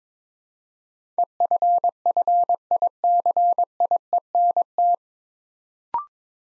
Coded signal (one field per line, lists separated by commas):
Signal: Morse code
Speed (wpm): 22 wpm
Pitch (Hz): 700 Hz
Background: none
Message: EFFICIENT